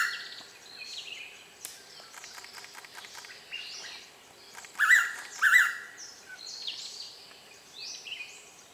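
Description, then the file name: Blue-winged pitta sounds a single loud two-note whistle in the middle of a lively mix of other birds' high calls and clicks. "p moluccensis"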